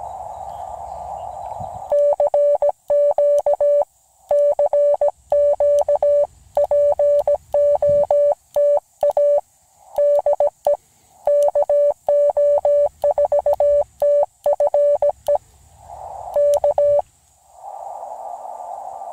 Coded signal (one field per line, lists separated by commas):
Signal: Morse code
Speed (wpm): 17 wpm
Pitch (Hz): 580 Hz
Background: none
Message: CQ CQ POTA DE KO4TFE K